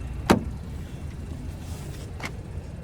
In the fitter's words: it'll snap into place.